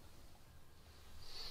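A coupling element is pushed by hand into one unit of a two-part steel Bockholt E 95 electric locomotive model (E9505) in 1:32 gauge 1, to be inserted until it engages. Faint handling noise sits over a low rumble, with a thin high hiss rising toward the end. The coupling element has not engaged or clicked yet.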